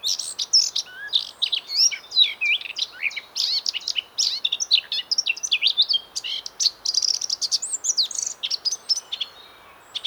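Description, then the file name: Eurasian blackcap song, a fast, unbroken warble of varied high chirps, slurred notes and clicks running for the full ten seconds. "Sylvia atricapilla"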